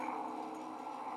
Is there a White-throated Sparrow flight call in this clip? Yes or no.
no